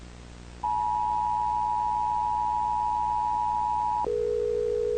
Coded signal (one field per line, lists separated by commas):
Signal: Emergency Alert System (SAME) tones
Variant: 853 and 960 Hz attention tone